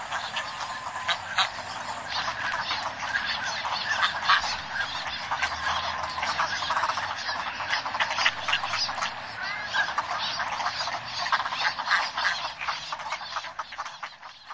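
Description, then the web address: Northern pintail flock calls: a dense, continuous chatter of short nasal notes and quacks from many birds at once, steady throughout with no pauses. Recorded in the Sakhalin and Kuril Islands. "priroda sakhalina i kuril. Anas acuta"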